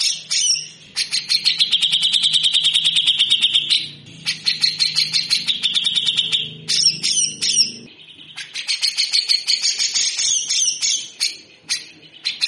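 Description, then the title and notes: Grey-cheeked bulbul rattling song: fast, grating pulses strung into long buzzy trills, broken by short gaps and a few sharper notes. Grey-cheeked bulbul singing actively in a rough, harsh rattling style (besetan kasar), used for training birds. "MASTERAN CUCAK JENGGOT GACOR FULL BESETAN KASAR DURASI PANJANG. Burung cucak jenggot"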